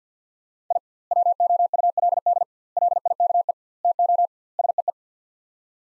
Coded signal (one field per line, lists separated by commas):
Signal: Morse code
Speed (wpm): 45 wpm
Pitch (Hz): 700 Hz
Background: none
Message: I WOULD LIKE TO SEE